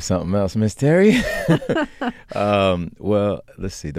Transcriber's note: laughter